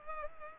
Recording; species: mosquito wingbeat signal from an infrared sensor; Culex pipiens